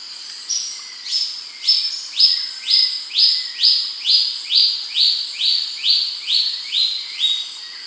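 Bird calling in loud, high, sharply down-slurred notes repeated steadily about every half second, fourteen in all, with no other clear sounds.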